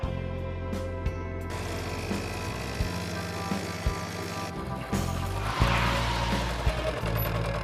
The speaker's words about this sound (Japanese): 旧型の装甲車と思われる。